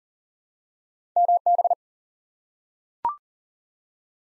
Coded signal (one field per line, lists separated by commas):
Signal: Morse code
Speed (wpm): 39 wpm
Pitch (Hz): 700 Hz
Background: none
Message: MB